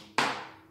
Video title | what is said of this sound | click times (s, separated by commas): Traxxas X maxx How to Install Diffs | Yeah, hear that nice little snap. | 0.2 s